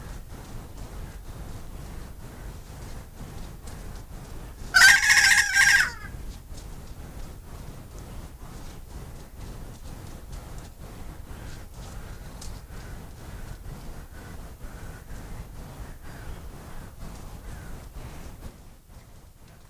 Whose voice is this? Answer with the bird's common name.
Kea